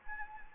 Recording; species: mosquito wingbeat signal from an infrared sensor; Anopheles gambiae